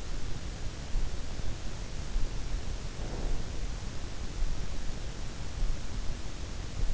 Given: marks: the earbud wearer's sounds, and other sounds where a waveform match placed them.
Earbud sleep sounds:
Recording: sounds in sleep by an in-ear microphone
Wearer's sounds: breath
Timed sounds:
2.60-3.83 s: breath

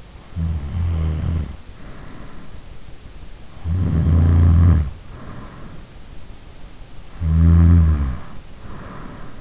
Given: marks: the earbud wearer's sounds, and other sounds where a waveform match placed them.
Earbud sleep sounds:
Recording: sounds in sleep by an in-ear microphone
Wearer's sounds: snoring breath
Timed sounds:
0.33-2.55 s: snoring breath
3.68-5.78 s: snoring breath
7.17-9.41 s: snoring breath

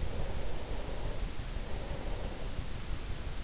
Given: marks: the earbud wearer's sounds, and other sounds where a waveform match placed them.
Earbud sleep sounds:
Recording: sounds in sleep by an in-ear microphone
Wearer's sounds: breath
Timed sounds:
0.04-3.13 s: breath

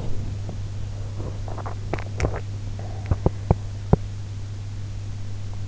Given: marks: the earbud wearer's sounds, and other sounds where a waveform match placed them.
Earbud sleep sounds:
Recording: sounds in sleep by an in-ear microphone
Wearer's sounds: swallowing, teeth grinding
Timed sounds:
0.10-3.13 s: swallowing
3.13-4.22 s: teeth grinding

